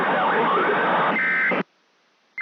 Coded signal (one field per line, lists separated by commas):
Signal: Emergency Alert System (SAME) tones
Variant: end-of-message bursts